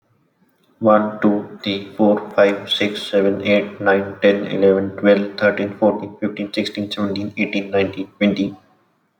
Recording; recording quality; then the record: counting at a fast pace; excellent, no background noise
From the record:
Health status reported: recovered from COVID-19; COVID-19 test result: positive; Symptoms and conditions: none ticked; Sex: male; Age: 22 years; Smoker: not ticked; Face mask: not worn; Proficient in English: yes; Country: India